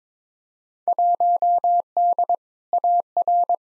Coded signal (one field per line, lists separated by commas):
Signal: Morse code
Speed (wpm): 22 wpm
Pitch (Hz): 700 Hz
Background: none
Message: 1D AR